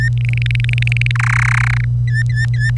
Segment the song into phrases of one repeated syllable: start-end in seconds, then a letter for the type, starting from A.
0.00-0.09 A, 0.17-1.11 B, 1.15-1.84 C, 2.07-2.71 A